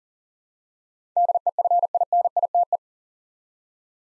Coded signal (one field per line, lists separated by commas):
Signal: Morse code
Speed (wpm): 40 wpm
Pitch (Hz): 700 Hz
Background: none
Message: DEFINITE